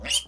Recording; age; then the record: pig call; piglet (1 to 25 days)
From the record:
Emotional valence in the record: negative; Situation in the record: restrain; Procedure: sham castration, fixation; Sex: male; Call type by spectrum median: high-frequency call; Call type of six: high-frequency stable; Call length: 0.28 s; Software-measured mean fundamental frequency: 117 Hz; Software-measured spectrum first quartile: 2933 Hz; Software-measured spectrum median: 4981 Hz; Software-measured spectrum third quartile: 8660 Hz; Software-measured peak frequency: 3083 Hz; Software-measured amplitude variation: 197 dB a second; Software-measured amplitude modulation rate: 9.0 a second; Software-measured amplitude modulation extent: 22.0 dB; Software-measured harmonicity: 4.5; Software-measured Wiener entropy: -3.04